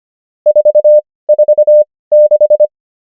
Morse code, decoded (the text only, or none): 446